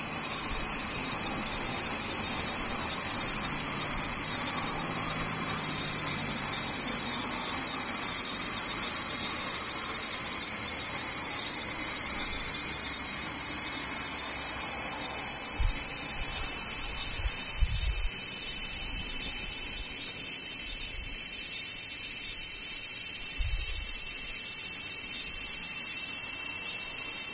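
Cicadas drone without a break for the whole stretch, a dense, steady, high-pitched shrill that never rises or falls. Beneath it, a few soft low thumps land around the seventeen- and twenty-three-second marks.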